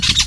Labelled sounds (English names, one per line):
Brown-throated Parakeet contact call